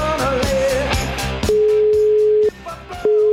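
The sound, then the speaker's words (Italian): A steady, mid-pitched telephone tone sounds for about a second, pauses briefly, then returns, laid over a beat-driven music bed that plays alone at first. “Sentiamo quest'ultima telefonata che è arrivata al direttore Fede.”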